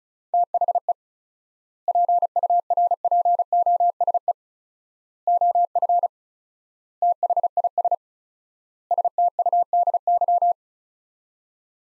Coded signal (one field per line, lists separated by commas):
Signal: Morse code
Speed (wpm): 36 wpm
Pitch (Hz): 700 Hz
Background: none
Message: THE PURPOSE OF THIS STUDY